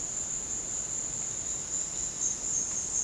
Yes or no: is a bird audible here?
no